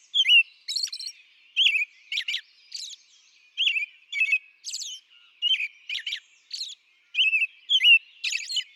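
American robin song: clear caroling phrases of short whistled notes mixed with high squeaky notes, delivered in quick groups with brief pauses.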